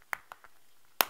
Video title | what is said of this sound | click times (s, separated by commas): How To Replace Scion xB Key Fob Battery 2004 2005 2006 | is snap the key fob back together and you're done | 0.1 s, 1.0 s